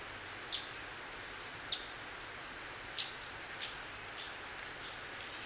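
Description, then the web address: Scaly-throated foliage-gleaner uttering six sharp, high, abrupt call notes spaced unevenly, roughly every half second to just over a second, over faint background hiss. Recorded in Ecuador. "Birds of Ecuador. Scaly-throated Foliage-gleaner"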